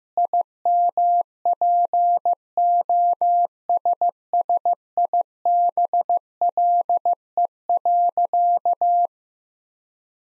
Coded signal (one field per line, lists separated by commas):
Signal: Morse code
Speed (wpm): 15 wpm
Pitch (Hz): 700 Hz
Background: none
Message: IMPOSSIBLE.